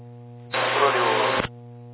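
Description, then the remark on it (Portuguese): An air traffic radio carrier from aircraft Cruza Fox, working Salvador control in Bahia, keys up for about a second: a flat burst of muffled static with no voice, cutting off abruptly with a faint click, over a steady low electrical hum throughout. “Cruza da Fox, só portadora.”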